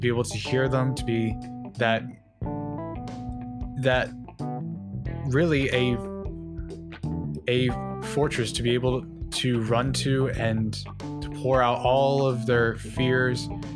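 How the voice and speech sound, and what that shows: An adult man who stutters speaks over soft background music, with a repeated word, stretched sounds and long blocked pauses, typical of stuttering.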